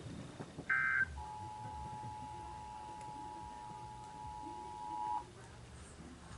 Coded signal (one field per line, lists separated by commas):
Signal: Emergency Alert System (SAME) tones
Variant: 853 and 960 Hz attention tone